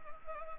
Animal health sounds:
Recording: mosquito wingbeat signal from an infrared sensor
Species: Anopheles gambiae

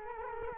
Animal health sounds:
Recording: mosquito wingbeat signal from an infrared sensor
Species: Culex quinquefasciatus

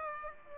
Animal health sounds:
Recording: mosquito wingbeat signal from an infrared sensor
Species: Aedes aegypti

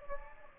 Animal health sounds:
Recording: mosquito wingbeat signal from an infrared sensor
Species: Anopheles gambiae

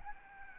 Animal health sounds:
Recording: mosquito wingbeat signal from an infrared sensor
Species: Aedes albopictus

